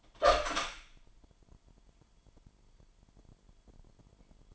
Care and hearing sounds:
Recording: daily activity, microphone in the room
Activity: open door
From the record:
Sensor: 5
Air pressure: 998.5 hPa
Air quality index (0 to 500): 82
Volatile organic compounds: 1 ppm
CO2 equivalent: 934 ppm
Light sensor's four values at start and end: 31/76/31/35 and 32/77/32/35

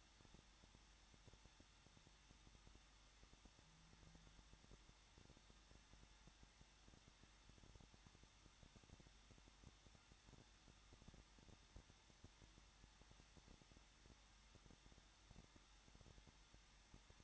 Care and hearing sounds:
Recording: daily activity, microphone in the room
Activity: no activity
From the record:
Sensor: 3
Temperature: 21.2 degrees Celsius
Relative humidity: 36.4%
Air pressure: 1006.3 hPa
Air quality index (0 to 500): 223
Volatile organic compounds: 43 ppm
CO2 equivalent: 3191 ppm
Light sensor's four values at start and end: 2/3/2/2 and 2/3/2/2

